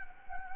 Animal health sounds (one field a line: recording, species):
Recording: mosquito wingbeat signal from an infrared sensor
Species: Anopheles gambiae